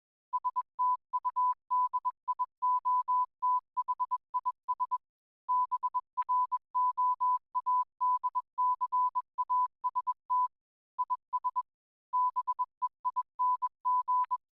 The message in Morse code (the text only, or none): STUDIO THIS BROADCAST IS BEING